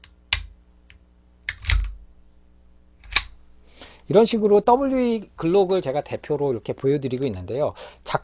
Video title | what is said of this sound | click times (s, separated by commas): 에어소프트건 이야기 11(WE GLOCK17) | 그래서 안전장치를 하려면은 넘버 플레이트를 밑으로 내리면 딸깍 하고 내려가요. | 0.3 s